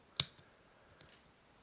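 The latch of a steel folding clasp on a watch bracelet is closed, giving one sharp, loud, bright click at 0.2 s that quickly fades, then a faint tick near 1.0 s. The latch snaps shut and is seated, and the clasp is judged very well made.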